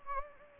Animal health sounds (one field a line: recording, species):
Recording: mosquito wingbeat signal from an infrared sensor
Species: Anopheles gambiae